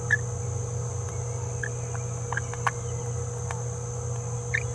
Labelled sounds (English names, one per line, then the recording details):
Green-rumped Parrotlet babbling
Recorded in a nest box in Venezuela
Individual 18B17A4